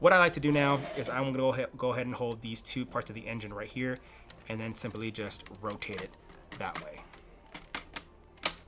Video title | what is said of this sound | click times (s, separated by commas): Star Wars Micro Galaxy Squadron Ahsoka Tano's T-6 Shuttle Toy Unboxing and Review #starwars | just like that you hear the click it's right back in there it's still secured just | 8.5 s